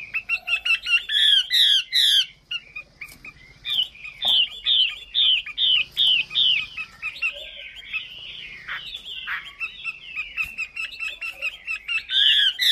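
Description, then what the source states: Chinese hwamei song, a rich, varied run of whistled slurs and repeated notes delivered almost without pause, with quick sharp notes at the start and end. Female bird singing.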